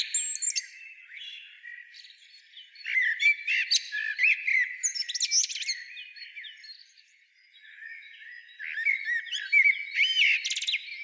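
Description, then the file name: Common blackbird song with a few fluty phrases spaced a few seconds apart, each mixing whistled notes with scratchy high-pitched twittering. "Turdus merula"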